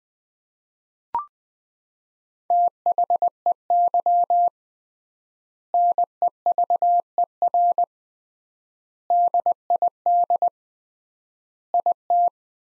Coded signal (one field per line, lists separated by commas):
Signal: Morse code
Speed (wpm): 20 wpm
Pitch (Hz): 700 Hz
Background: none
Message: THEY NEVER DID IT